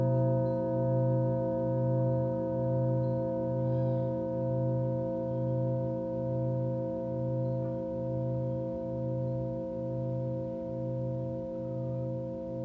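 A Tibetan singing bowl and sanukite ring together in a steady, layered drone of sustained tones. The lowest tone swells and fades in slow, regular waves throughout. A brief soft sound appears near four seconds, and a faint tap near eight.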